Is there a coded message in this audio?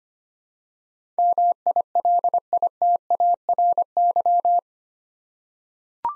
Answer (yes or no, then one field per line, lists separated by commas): yes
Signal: Morse code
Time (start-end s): 1.2-4.6 s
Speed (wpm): 25 wpm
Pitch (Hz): 700 Hz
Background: none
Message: MILITARY